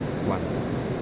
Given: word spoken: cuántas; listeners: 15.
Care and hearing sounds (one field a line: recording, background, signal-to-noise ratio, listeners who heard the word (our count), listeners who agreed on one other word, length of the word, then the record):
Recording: one Spanish word in noise, from a listening test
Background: speech-shaped noise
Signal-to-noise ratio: -4.4 dB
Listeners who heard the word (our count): 3 of 15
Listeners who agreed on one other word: 7 of 15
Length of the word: 0.62 s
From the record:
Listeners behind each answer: 7, 3, 1, 1, 1, 1, 1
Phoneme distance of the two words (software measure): 20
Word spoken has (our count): 2 syllables, 7 phonemes, stress on syllable 1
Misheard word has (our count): 2 syllables, 7 phonemes, stress on syllable 1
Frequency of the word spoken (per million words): 16.64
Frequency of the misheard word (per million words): 8.48